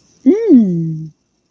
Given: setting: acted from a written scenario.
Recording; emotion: vocal sound without words; ecstasy